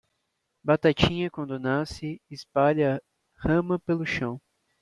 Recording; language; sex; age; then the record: short text; Brazilian Portuguese; male; 20 to 29 years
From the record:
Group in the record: control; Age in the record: 24 years